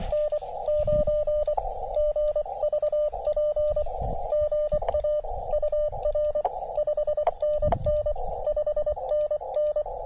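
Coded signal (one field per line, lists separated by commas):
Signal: Morse code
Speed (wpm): 24 wpm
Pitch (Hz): 600 Hz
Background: radio noise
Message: N9GVP GA UR 5NN 5NN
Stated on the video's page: POTA and SOTA activation with a KX2 and 17-foot vertical on 20m and 15m, with short-lived huge pileups.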